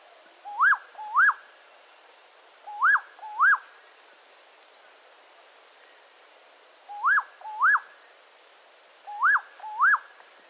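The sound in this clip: Nightjar calls: sharp rising whistled notes given in four quick pairs, two to four seconds apart, with a faint high hiss in the background.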